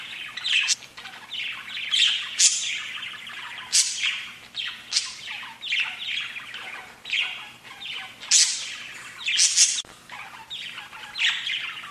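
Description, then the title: Budgerigar chirping, loud scratchy squeaks and rising chirps in fast irregular bursts, with some sharp high squawks. "Budgie Sounds"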